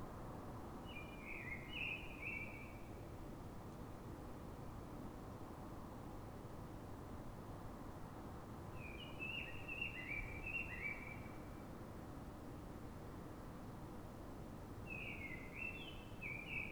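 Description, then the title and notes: Common blackbird delivering three warbled phrases at long intervals, with a steady low hum throughout. City blackbird singing before dawn in Fuenlabrada, Madrid, Spain, so other blackbirds can hear it before human noise begins; described as a call (reclamo); recorded with a Zoom H1n recorder. "Pl. de Francisco Escolar, 10, 28944 Fuenlabrada, Madrid, España - Sonido Reclamo de Mirlo. Mirlo cantando, es un sonido de reclamo"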